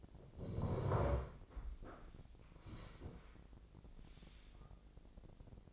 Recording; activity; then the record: daily activity, microphone in the room; sit down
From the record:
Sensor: 5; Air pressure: 1012.4 hPa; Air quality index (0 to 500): 154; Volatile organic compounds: 2 ppm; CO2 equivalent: 1050 ppm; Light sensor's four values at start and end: 257/617/263/289 and 259/622/265/291